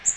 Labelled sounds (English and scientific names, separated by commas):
Magnolia Warbler (Setophaga magnolia) flight call